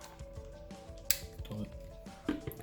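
A plastic armor accessory is pressed all the way onto a transforming robot action figure and closed, seating with a sharp, loud click at 1.1 s. Softer plastic handling taps follow over a quiet musical background, and the armor is clicked into place.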